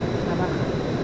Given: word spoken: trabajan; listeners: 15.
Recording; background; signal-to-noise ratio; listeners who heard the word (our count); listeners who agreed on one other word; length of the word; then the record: one Spanish word in noise, from a listening test; speech-shaped noise; -6.6 dB; 0 of 15; 7 of 15; 0.64 s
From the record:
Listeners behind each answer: 7, 2, 1, 1, 1, 1, 1, 1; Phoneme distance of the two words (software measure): 17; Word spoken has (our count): 3 syllables, 8 phonemes, stress on syllable 2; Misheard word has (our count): 3 syllables, 7 phonemes, stress on syllable 2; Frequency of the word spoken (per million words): 26.92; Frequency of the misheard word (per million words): 507.85